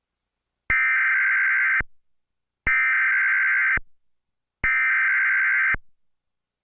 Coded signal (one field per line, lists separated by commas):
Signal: Emergency Alert System (SAME) tones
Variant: header bursts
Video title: Tornado warning EAS!